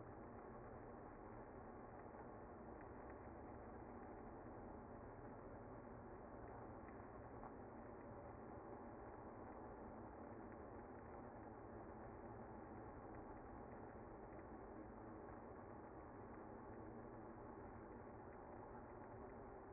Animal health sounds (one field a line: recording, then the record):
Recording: honeybee colony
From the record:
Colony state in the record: active